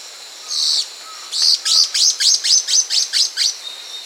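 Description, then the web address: White-eyed antwren song: a high thin note, then a rapid, evenly spaced series of about nine short high notes. Recorded in Peru. "Birds of the Amazon 2. White-eyed Antwren (Myrmotherula leucophthalma), Peru"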